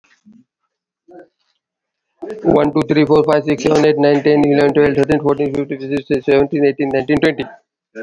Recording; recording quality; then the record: counting at a fast pace; excellent, no background noise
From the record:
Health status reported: COVID-19 positive, no symptoms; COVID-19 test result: positive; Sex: male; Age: 57 years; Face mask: worn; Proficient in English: yes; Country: India